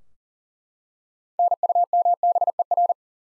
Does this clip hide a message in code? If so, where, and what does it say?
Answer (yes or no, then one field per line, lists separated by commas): yes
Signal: Morse code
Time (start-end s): 1.4-2.9 s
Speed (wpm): 38 wpm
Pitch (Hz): 700 Hz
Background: none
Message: NUMBER